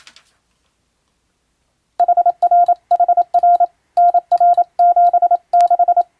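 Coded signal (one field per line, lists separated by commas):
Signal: Morse code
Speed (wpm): 27 wpm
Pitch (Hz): 700 Hz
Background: none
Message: HRHR NR76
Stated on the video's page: Japanese-language European-text radiotelegrams sent as ship radio operator exam practice, in the style of ship-to-coast-station telegram traffic, for amateur radio receiving training.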